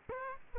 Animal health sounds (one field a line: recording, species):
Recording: mosquito wingbeat signal from an infrared sensor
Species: Aedes aegypti